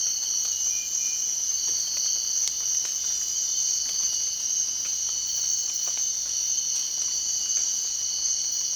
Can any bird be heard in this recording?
no